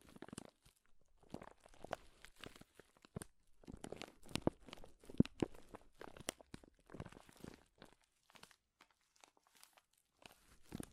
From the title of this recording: Powerful Crinkles